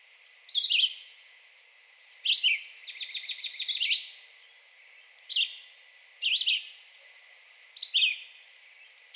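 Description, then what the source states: Red-eyed Vireo song of brief, abrupt slurred phrases spaced by short pauses, with a quick series of sharp repeated notes midway. Recorded 2 June 2020.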